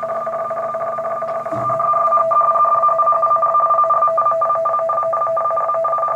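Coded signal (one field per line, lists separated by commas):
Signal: RTTY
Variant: 50 baud, 500 Hz shift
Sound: continuous warbling two-tone teleprinter chatter, rapid alternation between a low and high tone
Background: radio static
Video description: Sonda pracuje w emisji SSB modulacją RTTY 50/500 wysyłając w ramce swój znak, godzinę, koordynaty, wysokość, temperaturę, napięcie ogniwa prądu i ilość satelitów GPS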